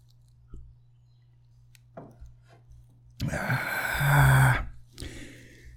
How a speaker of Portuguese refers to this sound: deixa eu usar só um golinho de café aqui que eu fico mais.